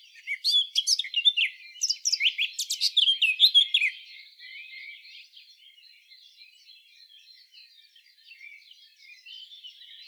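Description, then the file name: Eurasian blackcap giving a bright warbled phrase with sharp, high notes for about four seconds, followed by a long spell of soft chattering. "Sylvia atricapilla"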